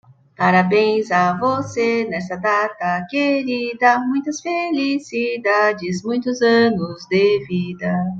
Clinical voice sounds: short text; Brazilian Portuguese; female; 50 to 59 years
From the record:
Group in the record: control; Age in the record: 52 years

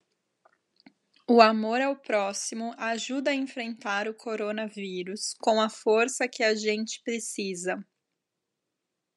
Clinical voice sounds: spoken sentence; Brazilian Portuguese; female; 30 to 39 years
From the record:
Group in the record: control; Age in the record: 30 years

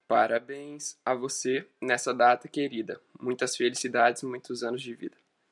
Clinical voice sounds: short text; Brazilian Portuguese; male; 18 to 19 years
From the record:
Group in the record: control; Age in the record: 19 years

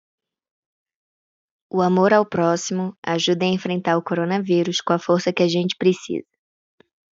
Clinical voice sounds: spoken sentence; Brazilian Portuguese; female; 50 to 59 years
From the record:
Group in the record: control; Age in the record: 57 years

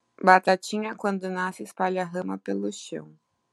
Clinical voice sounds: short text; Brazilian Portuguese; female; 30 to 39 years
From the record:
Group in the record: control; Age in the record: 31 years

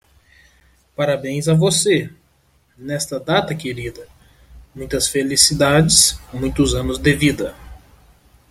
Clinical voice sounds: short text; Brazilian Portuguese; male; 20 to 29 years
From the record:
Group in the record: control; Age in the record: 26 years

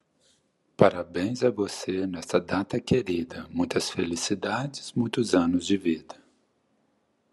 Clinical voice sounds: short text; Brazilian Portuguese; male; 50 to 59 years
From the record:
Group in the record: control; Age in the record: 58 years

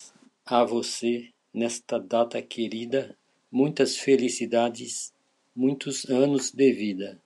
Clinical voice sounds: short text; Brazilian Portuguese; male; 60 to 69 years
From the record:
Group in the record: control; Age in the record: 69 years

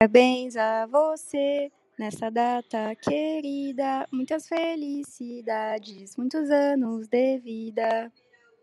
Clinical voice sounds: short text; Brazilian Portuguese; female; 20 to 29 years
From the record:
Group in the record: control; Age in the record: 22 years

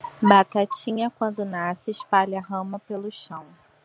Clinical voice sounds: short text; Brazilian Portuguese; female; 30 to 39 years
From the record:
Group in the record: control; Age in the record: 34 years

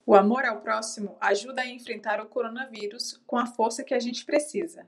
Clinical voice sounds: spoken sentence; Brazilian Portuguese; female; 30 to 39 years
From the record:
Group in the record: control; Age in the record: 30 years

